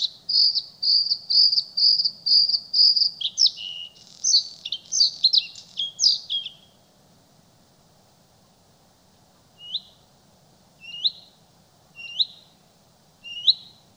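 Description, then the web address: Bluethroat song: a run of ringing repeated notes, then a varied, scratchy twittering phrase, then a pause and single upslurred notes about once a second. "soorten geluid Blauwborst"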